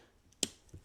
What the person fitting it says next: it clicked in